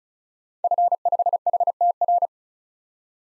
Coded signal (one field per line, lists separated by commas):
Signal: Morse code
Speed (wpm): 36 wpm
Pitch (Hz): 700 Hz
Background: none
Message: F5HTR